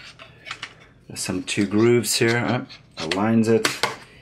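The two halves of a plastic 2.5-inch USB 3.0 SSD enclosure are handled and lined up along their grooves, with a couple of light taps near 0.5 and 0.6 s while someone talks. The enclosure lid has not snapped shut onto the case yet; nothing has seated or clicked.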